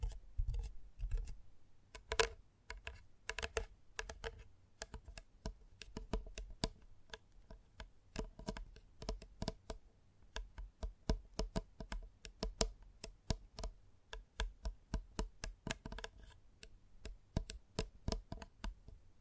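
Gentle tapping runs through the whole stretch, a quick, uneven stream of crisp clicks that sounds much like typing on a keyboard. The taps come in loose bursts with brief gaps, a few landing harder, and a soft low rumble sits underneath early on.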